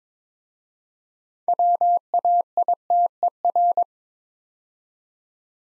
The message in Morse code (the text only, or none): WAITER